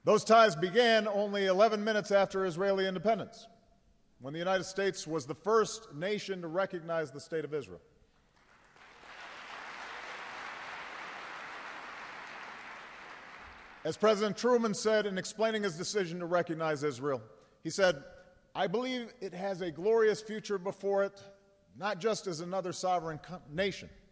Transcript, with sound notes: Those ties began only 11 minutes after Israeli independence, when the United States was the first nation to recognize the State of Israel. (Applause.) As President Truman said in explaining his decision to recognize Israel, he said, “I believe it has a glorious future before it not just as another sovereign nation,